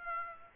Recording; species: mosquito wingbeat signal from an infrared sensor; Aedes aegypti